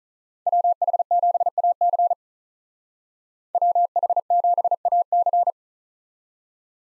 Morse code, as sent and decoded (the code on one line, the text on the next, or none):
.-- .... --... .- -.-. / .-- .... --... .- -.-.
WH7AC WH7AC